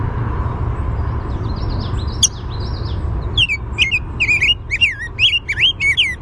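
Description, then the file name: Rose-breasted grosbeak song: after a few faint notes and one sharp chink, a rich warbled phrase of rising and falling whistled notes runs steadily over low background rumble. "RBGR chink song"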